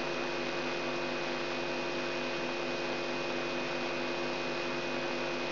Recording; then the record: brain microelectrode recording played as sound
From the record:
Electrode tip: outside the subthalamic nucleus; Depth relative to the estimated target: -9.3 mm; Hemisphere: right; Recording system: AlphaMap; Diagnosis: Parkinson's disease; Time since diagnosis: 17 years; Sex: female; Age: 63 years